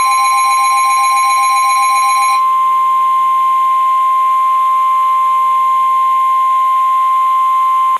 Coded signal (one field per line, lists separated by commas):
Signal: Emergency Alert System (SAME) tones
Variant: 1050 Hz attention tone